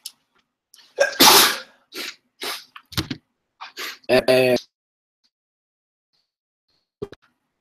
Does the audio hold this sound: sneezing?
yes